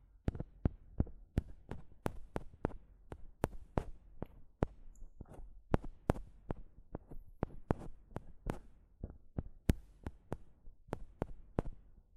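Sharp taps strike a microphone at a brisk, slightly uneven pace, each a dull thump with a bright click, between soft scratchy rustles.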